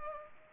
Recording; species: mosquito wingbeat signal from an infrared sensor; Culex pipiens